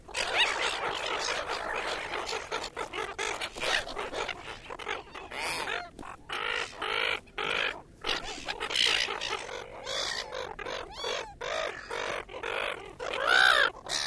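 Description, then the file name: Many gulls squabbling with rapid, raucous squawks and mews, a busy overlapping din that rises and falls in bursts. Large group of gulls feeding at Williamstown. "BIRD SEAGULLS WILLIAMSTOWN LARGE GROUP FEEDING"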